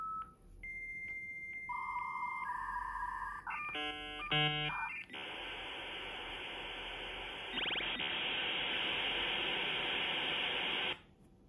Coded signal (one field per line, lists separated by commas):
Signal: dial-up modem handshake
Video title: fxTerm - Serial terminal for Casio fx-Calculators - Dialing with a modem